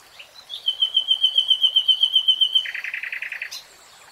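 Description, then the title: Nightingale song: a long rapid series of pure whistled notes, then a loud buzzy throbbing rattle and a sharp closing note. Nightingale singing in real time, from a three-hour real-time recording. "[Tiếng chim hót] 3 Hours REALTIME Nightingale Singing"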